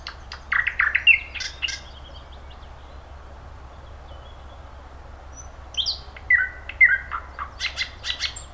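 Thrush nightingale song in two bursts of sharp clicks and whistled notes, separated by a few seconds of quiet with low background hum.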